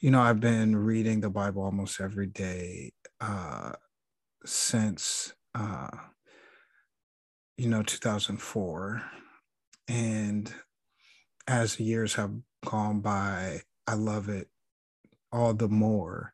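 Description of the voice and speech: A low-pitched adult man speaks clearly and fluently, with ordinary pauses and drawn-out 'uh' fillers between phrases.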